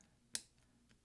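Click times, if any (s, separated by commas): 0.4 s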